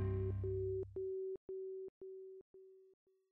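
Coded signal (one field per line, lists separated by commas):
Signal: none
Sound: electronic music synth beeps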